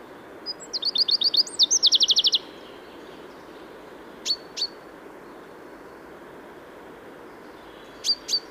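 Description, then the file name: Common chaffinch sings one rattling trill, followed by a few sharp, high, clipped call notes in pairs. "Fringilla coelebs"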